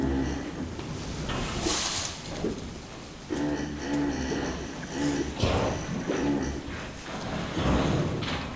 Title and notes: What do cows dream of? (Mühlviertel, Austria) - What do cows dream of? (schuettelgrat). Schlafende Kühe im Stall. Night on a farm